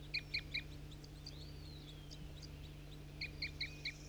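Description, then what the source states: Crossbill calls, short sharp notes given in two quick bursts of three and four, separated by a pause, over a steady low hum. Call given by bird 4-3 while trapping crossbills; other flock birds (three females, a red male) seemed to be returning in response to its calls.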